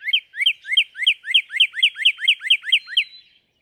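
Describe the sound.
Northern cardinal song, a steady, rapid train of bright, slurred whistles, ending abruptly in quiet.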